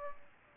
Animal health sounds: mosquito wingbeat signal from an infrared sensor; Aedes aegypti

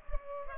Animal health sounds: mosquito wingbeat signal from an infrared sensor; Culex pipiens

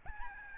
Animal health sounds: mosquito wingbeat signal from an infrared sensor; Aedes albopictus

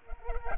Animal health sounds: mosquito wingbeat signal from an infrared sensor; Culex pipiens

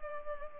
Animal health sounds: mosquito wingbeat signal from an infrared sensor; Culex pipiens

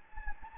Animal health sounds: mosquito wingbeat signal from an infrared sensor; Anopheles gambiae

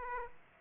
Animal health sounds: mosquito wingbeat signal from an infrared sensor; Aedes aegypti

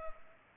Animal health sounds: mosquito wingbeat signal from an infrared sensor; Culex pipiens

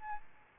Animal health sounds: mosquito wingbeat signal from an infrared sensor; Aedes albopictus

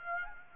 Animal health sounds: mosquito wingbeat signal from an infrared sensor; Aedes aegypti

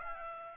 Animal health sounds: mosquito wingbeat signal from an infrared sensor; Aedes aegypti

